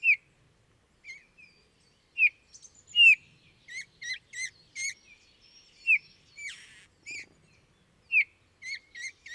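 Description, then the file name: Eurasian bullfinch giving soft, piping down-slurred whistles at irregular intervals, mixed with high, quick chirping notes. "Pyrrhula pyrrhula"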